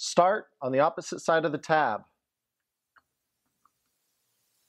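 A plastic tamper-evident shipping cap is being lined up on an IBC container valve, with the cap pins set to the valve cams, starting on the side opposite the tab. Someone talks for the first two seconds, then only faint ticks are heard near 3.0 and 3.7 seconds. The cap is not yet pressed home, and nothing has seated or clicked yet.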